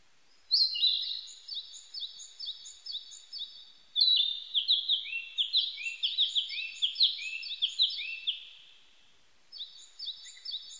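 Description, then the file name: Narcissus flycatcher song: rapid series of bright, down-slurred chirping notes in long bouts, with a high repeated tick over them. Recorded 25 April 1998; identified by the Japanese name kibitaki. "980425 kibitaki"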